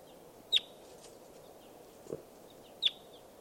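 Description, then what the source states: Red crossbill: two short, sharp call notes a little over two seconds apart over steady low background noise. Type 2 call type; wild birds calling in the trees, with begging young.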